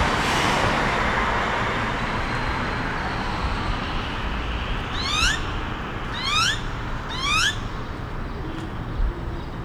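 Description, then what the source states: Grackle calls: three sharp, steeply rising whistles with stacked overtones, about a second apart, over a constant roar of road traffic. Grackles over 6th Street traffic in West Austin, Texas, 22 March 2020, during the coronavirus pandemic.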